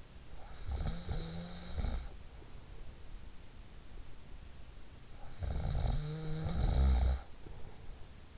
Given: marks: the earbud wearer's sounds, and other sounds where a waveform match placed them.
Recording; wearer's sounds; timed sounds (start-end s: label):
sounds in sleep by an in-ear microphone; snoring breath
0.31-2.52 s: snoring breath
5.13-8.38 s: snoring breath